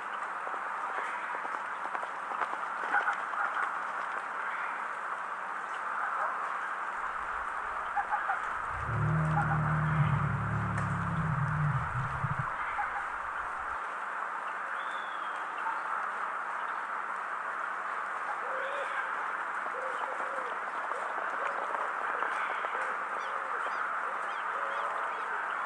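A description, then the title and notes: Steady rain hisses outside a barn on a night, a dense, even wash with no breaks. From about seven to thirteen seconds a deep rumbling thud swells up, like heavy hooves or movement, then fades. Faint chirps dot the background. The Cloud From 'Nope' Outside Barn on Rainy Night w/ Horses Running Around Scared.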